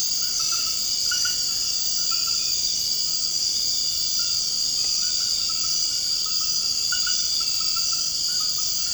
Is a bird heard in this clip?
no